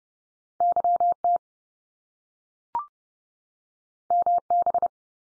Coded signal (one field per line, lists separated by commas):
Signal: Morse code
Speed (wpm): 30 wpm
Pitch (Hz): 700 Hz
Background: none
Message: YT MB